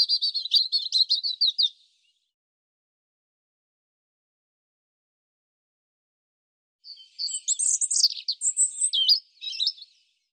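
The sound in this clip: European robin song: a short, fast twittering phrase, a pause of about five seconds, then a longer phrase of high, varied notes.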